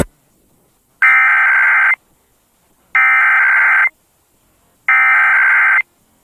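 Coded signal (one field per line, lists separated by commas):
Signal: Emergency Alert System (SAME) tones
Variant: header bursts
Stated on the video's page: Required Monthly Test on an FM station, received and recorded with an SDR.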